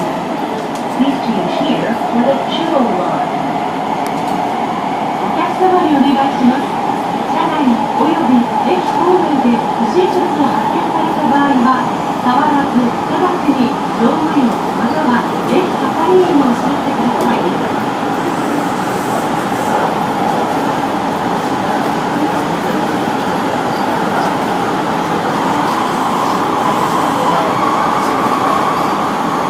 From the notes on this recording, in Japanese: 大阪市営地下鉄時代の今里筋線の全区間走行音